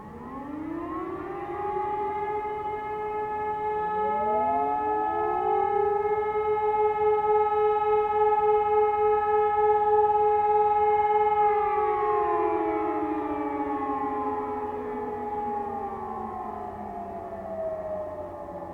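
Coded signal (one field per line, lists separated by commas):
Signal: siren signal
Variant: German Feueralarm, E57 sirens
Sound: electromechanical siren rising to a steady howl for about 12 seconds, then falling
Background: several distant sirens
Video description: aufgenommen beim monatlichen Probealarm der Feuerwehrsirenen in Königswinter am 16.01.2021 um 12 Uhr mit dem Signal "Feueralarm".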